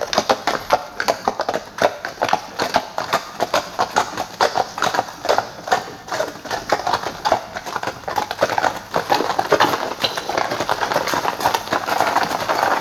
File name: Noble Steed